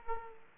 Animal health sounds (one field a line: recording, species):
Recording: mosquito wingbeat signal from an infrared sensor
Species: Aedes aegypti